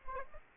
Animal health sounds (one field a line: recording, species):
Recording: mosquito wingbeat signal from an infrared sensor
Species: Aedes aegypti